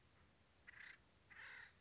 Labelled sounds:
Acorn Woodpecker
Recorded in Sonoma County, California

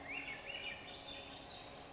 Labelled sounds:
Swainson's Thrush
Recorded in Sonoma County, California

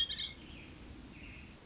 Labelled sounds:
Hermit Thrush
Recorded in Sonoma County, California

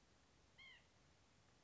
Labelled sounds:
White-breasted Nuthatch
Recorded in Sonoma County, California

